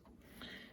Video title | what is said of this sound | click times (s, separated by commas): Ortgies Deutsche Werke 25ACP - 1930’s German CCW | squeezing it and then it locks into place now | 0.4 s